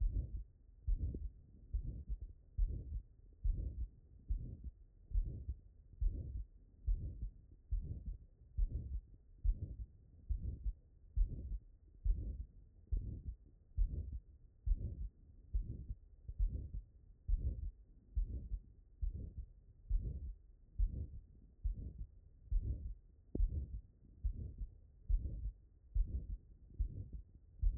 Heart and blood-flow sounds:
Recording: heart sounds by stethoscope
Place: tricuspid valve (TV)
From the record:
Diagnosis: non-HFrEF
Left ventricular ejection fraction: 61%

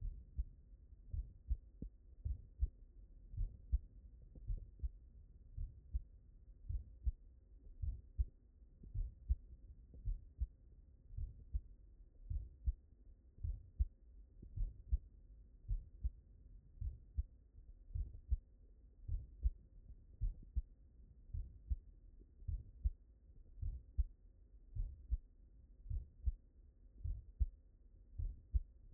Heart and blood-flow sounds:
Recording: heart sounds by stethoscope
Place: mitral valve (MV)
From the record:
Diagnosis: non-HFrEF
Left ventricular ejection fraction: 66%

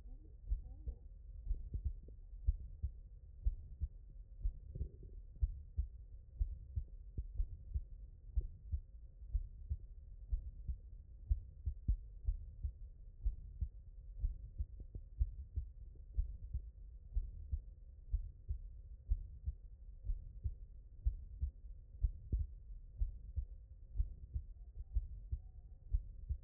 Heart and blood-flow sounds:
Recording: heart sounds by stethoscope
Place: mitral valve (MV)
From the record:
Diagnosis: non-HFrEF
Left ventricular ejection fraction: 73%

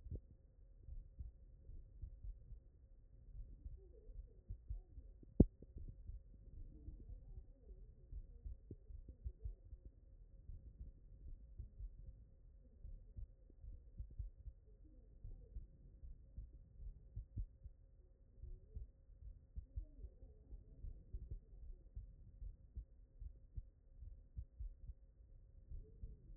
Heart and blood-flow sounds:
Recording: heart sounds by stethoscope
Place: pulmonary valve (PV)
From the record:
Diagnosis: non-HFrEF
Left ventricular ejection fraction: 61%

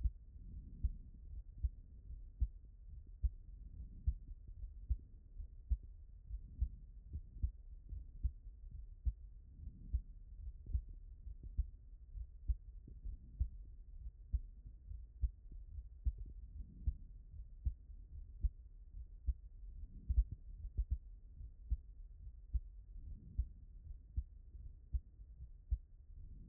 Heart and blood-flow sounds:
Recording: heart sounds by stethoscope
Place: pulmonary valve (PV)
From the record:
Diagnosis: non-HFrEF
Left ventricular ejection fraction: 62%

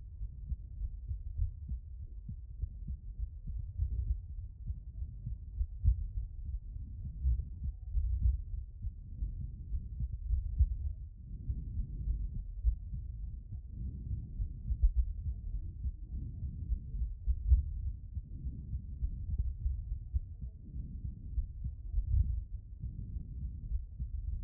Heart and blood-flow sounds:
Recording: heart sounds by stethoscope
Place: aortic valve (AV)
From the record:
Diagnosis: non-HFrEF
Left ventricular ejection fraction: 45%

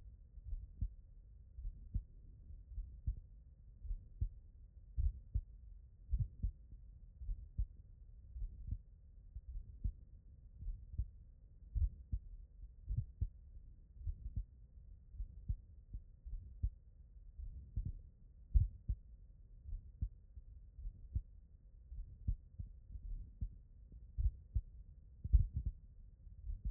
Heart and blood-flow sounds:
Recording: heart sounds by stethoscope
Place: tricuspid valve (TV)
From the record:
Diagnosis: non-HFrEF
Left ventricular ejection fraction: 67%

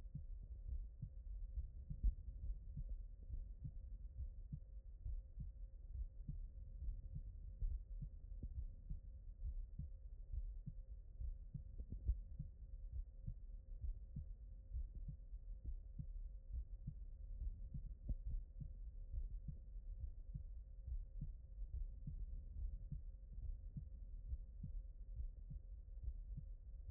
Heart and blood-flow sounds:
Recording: heart sounds by stethoscope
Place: aortic valve (AV)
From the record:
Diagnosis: non-HFrEF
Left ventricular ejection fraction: 60%

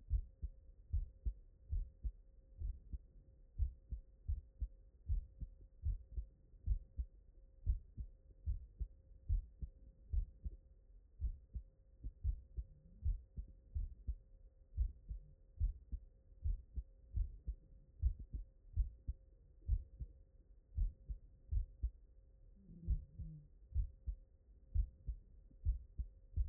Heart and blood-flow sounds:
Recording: heart sounds by stethoscope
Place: mitral valve (MV)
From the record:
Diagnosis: non-HFrEF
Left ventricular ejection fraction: 73%

